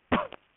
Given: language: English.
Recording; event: throat vibration sensor signal played as sound; cough